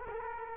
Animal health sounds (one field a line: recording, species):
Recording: mosquito wingbeat signal from an infrared sensor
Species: Culex quinquefasciatus